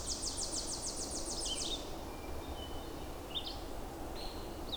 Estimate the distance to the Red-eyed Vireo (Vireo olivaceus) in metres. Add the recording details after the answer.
about 65 m. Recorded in boreal forest in Alberta, Canada, on 26 May 2016 at 07:10. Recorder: SongMeter 3, array SBT-3-15. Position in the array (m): 104 m, 203 m